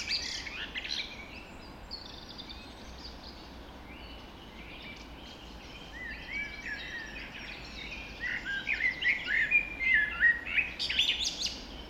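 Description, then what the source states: Dawn chorus of birds, faint high chirps early on, then a livelier stretch of overlapping twittering and whistles in the last few seconds. Dawn chorus recorded just after dawn in the Forest of Dean.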